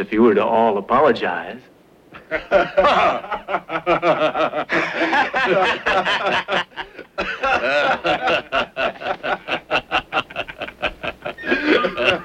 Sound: laughter

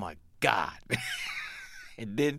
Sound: laughter

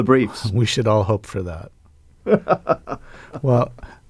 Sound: laughter

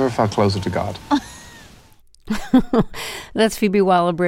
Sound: laughter

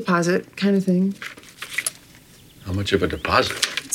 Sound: soundbite of paper

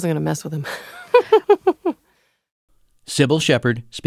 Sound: laughter

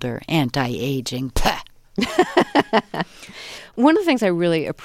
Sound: soundbite of laughter

